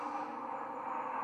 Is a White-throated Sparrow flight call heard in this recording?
no